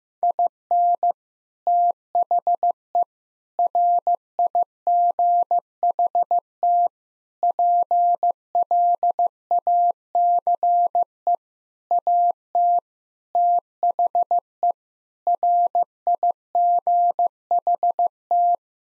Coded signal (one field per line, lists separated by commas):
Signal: Morse code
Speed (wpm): 15 wpm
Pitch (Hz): 700 Hz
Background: none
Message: IN THE RIGHT PLACE AT THE RIGHT